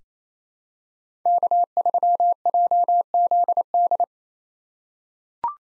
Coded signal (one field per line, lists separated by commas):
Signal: Morse code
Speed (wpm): 27 wpm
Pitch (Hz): 700 Hz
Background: none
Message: K3JZD